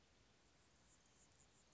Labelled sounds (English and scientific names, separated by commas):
Anna's Hummingbird (Calypte anna)